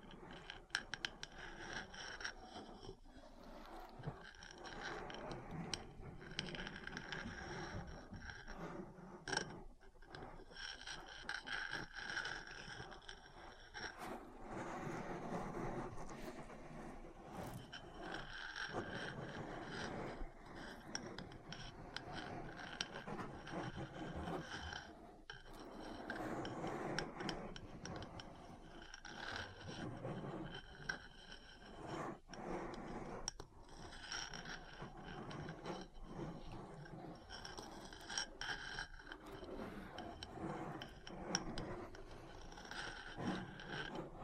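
Metal parts scrape, rub and tap in a dense, continuous clatter of rasping scratches, with sharp clicks scattered irregularly throughout.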